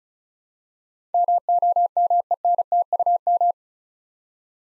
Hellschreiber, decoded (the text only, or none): none